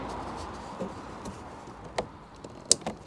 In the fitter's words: it clicks in there you go and that's it